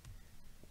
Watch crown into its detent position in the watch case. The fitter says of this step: one click and I am going to see that